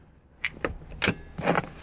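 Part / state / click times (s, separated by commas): rear seat cushion latch in a pickup crew cab / not seated / none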